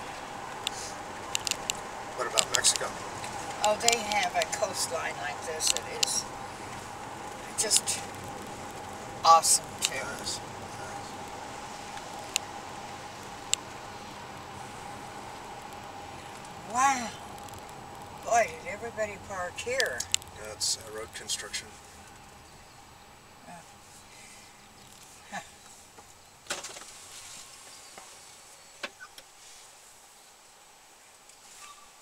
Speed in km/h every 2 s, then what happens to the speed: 59, 57, 54, 51, 48, 47, 46, 42, 37, 26, 21, 18, 12, 6, 2, 0.
0-28 slows to 2. 28-32 standing.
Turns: none.